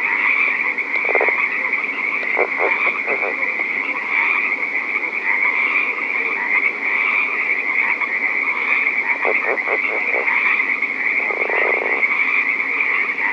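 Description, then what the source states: Northern leopard frog giving short bursts of pulsed clucking calls and one low grunting chuckle, over a steady high-pitched droning chorus of other night callers. Recorded at night.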